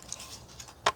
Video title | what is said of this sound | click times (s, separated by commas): POPOSOAP Solar Powered Water fountain unboxing installation and review | Full snap there. | 0.9 s